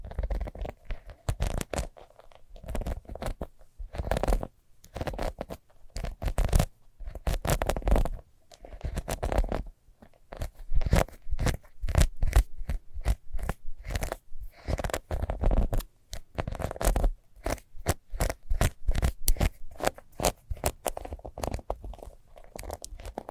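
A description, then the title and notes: Fast scratching fills the whole stretch, a rapid string of short, rough strokes that run in bursts with brief gaps, notably a pause near ten seconds. Each stroke is dry, with a scraping, crunchy bite and a low thump underneath. ASMR Fast Scratching for Extreme Tingles（No Talking）.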